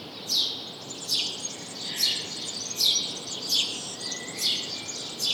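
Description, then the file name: House sparrow chirping, seven sharp descending chirps in about five seconds, with a thin twitter underneath. "Passer domesticus"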